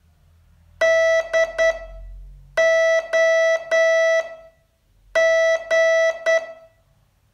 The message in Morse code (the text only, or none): DOG